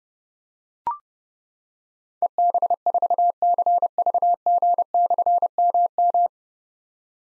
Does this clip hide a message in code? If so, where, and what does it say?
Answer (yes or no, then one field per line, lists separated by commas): yes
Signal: Morse code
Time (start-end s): 2.2-6.3 s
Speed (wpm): 30 wpm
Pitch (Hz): 700 Hz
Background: none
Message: EB4CVG/MM